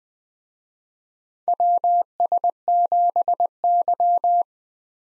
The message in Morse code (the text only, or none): WS7Y